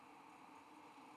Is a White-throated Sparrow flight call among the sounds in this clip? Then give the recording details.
no. No flight call is heard. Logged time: 04:56 on 5 December 2014